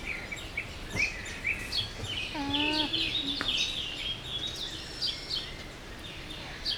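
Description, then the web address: Llama giving a brief, wavering hum with stacked overtones, about half a second long, among chirps and tweets of small birds. Captive llama at a zoo in Jászberény, 2015, giving a cute little call. "allathangok jaszberenyizoo 2015 lama kedveshangocska"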